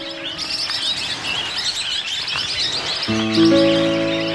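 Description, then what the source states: Parrot flock chattering in a busy stream of sharp, high chirps; low sustained musical tones join near the end. Critically endangered parrot, a flock gathered feeding in trees on a morning at Adventure Bay, Bruny Island, Tasmania, Australia, November 2019.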